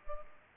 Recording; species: mosquito wingbeat signal from an infrared sensor; Culex pipiens